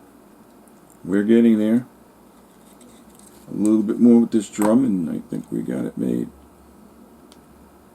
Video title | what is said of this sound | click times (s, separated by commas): Lionel Rebuild postwar e unit #2of2 | Okay, drum is snapped back in place. | 7.3 s